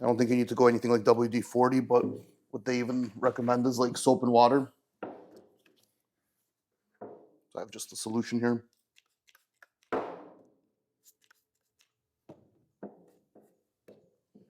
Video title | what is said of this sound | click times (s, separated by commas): Factor 55 Ultrahook for the Jeep Wrangler 392 | yeah and as soon as I sprayed that pops right in | 9.9 s